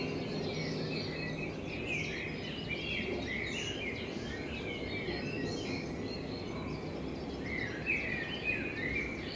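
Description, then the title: Common blackbird delivering fluted, warbling song phrases over a steady background rumble. Blackbird in front of the recordist's window; binaural recording made with a self-built dummy head, intended for headphone listening. "Kunstkopfaufnahme der Amsel vor meinem Fenster"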